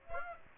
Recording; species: mosquito wingbeat signal from an infrared sensor; Aedes aegypti